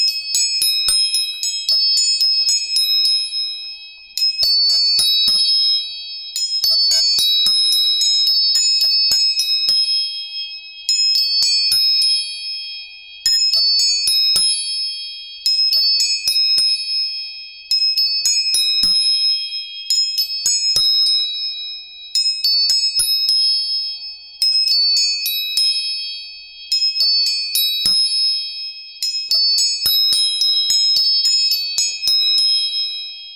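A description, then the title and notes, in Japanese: A tuning fork is struck again and again, about every two seconds, each strike ringing bright and clear over a steady, sustained high tone. 音叉チューニング全体性。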